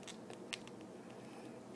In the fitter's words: so that's pretty bad that this head won't snap in there but